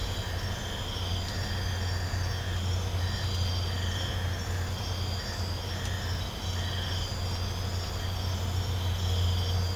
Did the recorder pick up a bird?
no